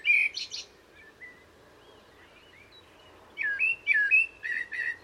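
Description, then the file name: Common blackbird giving a rich warbled phrase, then soft notes, then a louder run of fluty, wavering whistles. "Turdus merula"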